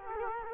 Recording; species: mosquito wingbeat signal from an infrared sensor; Culex quinquefasciatus